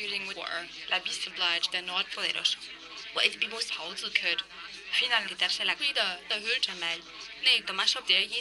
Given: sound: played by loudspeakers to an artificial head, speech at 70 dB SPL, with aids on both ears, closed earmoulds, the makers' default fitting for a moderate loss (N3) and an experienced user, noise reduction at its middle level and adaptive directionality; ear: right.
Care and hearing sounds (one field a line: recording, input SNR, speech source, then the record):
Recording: speech test signal (ISTS) in cocktail-party noise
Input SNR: +6 dB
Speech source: on the right (90 degrees)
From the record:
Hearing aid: class 2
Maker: B